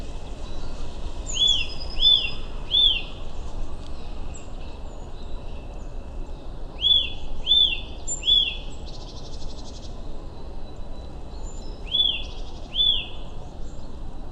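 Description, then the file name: Eurasian nuthatch calls: clear, ringing whistled notes given in groups of two or three, each group separated by several seconds, over steady background noise. "Sitta europaea"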